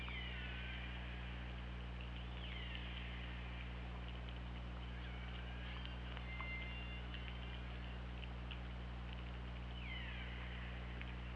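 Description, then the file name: Killer whale calls, repeated downward-gliding harmonic cries at the beginning, around two and a half seconds and near ten seconds, amid hiss and constant low humming. Recorded on the OrcaLab hydrophone, 24 August 2017 at 20:58. "Orca Lab UTLN JASON 20170824 205808"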